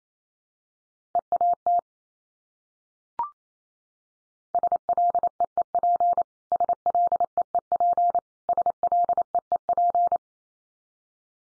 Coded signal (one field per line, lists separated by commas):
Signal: Morse code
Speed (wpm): 28 wpm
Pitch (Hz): 700 Hz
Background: none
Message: EAT SLEEP SLEEP SLEEP